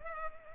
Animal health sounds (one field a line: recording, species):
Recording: mosquito wingbeat signal from an infrared sensor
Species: Culex pipiens